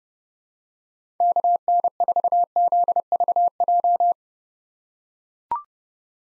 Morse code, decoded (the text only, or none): KN4ZVJ